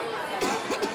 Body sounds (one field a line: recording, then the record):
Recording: coughing mixed with background sound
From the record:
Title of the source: 64 coughing, allergies, singing lungs